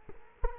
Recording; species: mosquito wingbeat signal from an infrared sensor; Culex quinquefasciatus